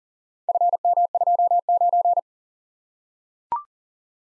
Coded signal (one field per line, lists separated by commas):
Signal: Morse code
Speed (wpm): 39 wpm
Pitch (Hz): 700 Hz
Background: none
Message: FM29